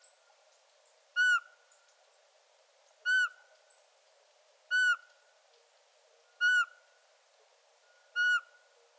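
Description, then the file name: Eurasian pygmy owl giving clear, mellow whistled notes, each short and slightly falling at the end, repeated about every two seconds, five notes in all, over a faint steady hum. "Sperlingskauz"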